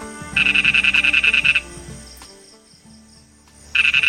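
Lesser toad giving a fast, buzzy pulsed trill of about a dozen clicks, a pause, then the next trill starting.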